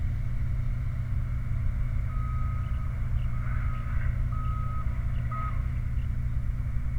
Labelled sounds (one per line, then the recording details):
songbird
vehicle
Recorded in the Prudhoe Bay oil fields, Alaska, on 29 July 2019 at 04:38
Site 29